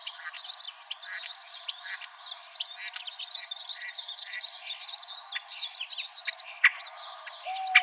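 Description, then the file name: European Starling chatter: a dense, continuous jumble of squeaky notes, clicks and short whistles, with two sharp snapping clicks near the end. "EUST 2 deviche"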